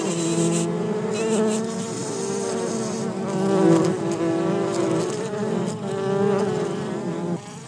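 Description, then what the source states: Bumblebees buzzing in a dense, continuous drone with layered harmonic tones that swell and fade, several overlapping hums shifting in pitch throughout. Bumblebee hive.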